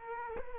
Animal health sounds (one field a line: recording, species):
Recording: mosquito wingbeat signal from an infrared sensor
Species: Culex quinquefasciatus